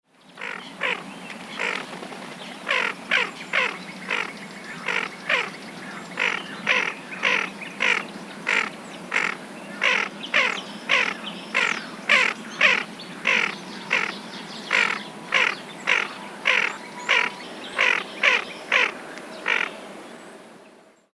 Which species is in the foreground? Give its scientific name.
Aythya fuligula